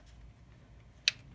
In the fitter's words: Make sure you hear that click.